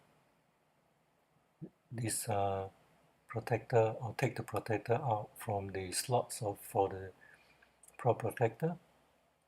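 A plastic propeller guard is handled at the arm slots of a Visuo Siluroid Altitude Hold HD quadcopter while someone talks, with a few faint, brief ticks near the end. The guard has not seated or clicked into the slots yet.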